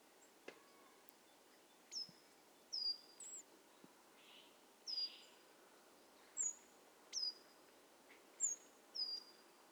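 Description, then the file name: Common chaffinch call notes, each a quick high whistle slurring downward, repeated at irregular intervals, with faint clicks and soft background hiss. "Fringilla coelebs"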